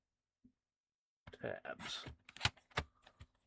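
A tabbed plastic laptop part is handled against the laptop chassis while someone talks, with a few short, sharp taps and knocks around 2.4 to 2.8 seconds. Nothing has seated or clicked into place yet.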